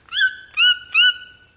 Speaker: species we are hearing now is a Cuvier's toucan.